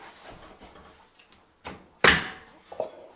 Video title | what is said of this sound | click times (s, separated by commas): Stone Barn Renovation Episode 56 : Upstairs Takes Shape | Did you hear that click? I did. That was a very satisfying click. | 2.8 s